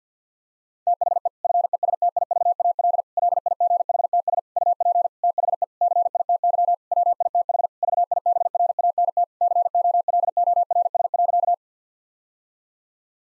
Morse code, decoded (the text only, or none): THE FESTIVAL LIGHTS UP THE CITY WITH VIBRANT COLORS.